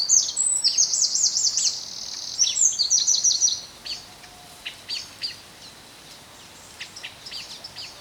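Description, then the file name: Eurasian wren song: two loud, very high, rapid trilled phrases in the first four seconds, followed by scattered faint high chips against a steady hiss. "Troglodytes troglodytes"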